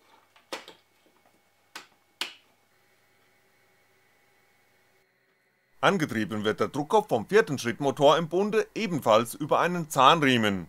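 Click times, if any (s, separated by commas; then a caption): 2.2 s. A replacement ink cartridge is pressed back into the print head holder of a DIY large-format printer. A few small clicks and taps lead to a sharp snap at 2.2 seconds as the cartridge clips into place. After a quiet pause, someone talks.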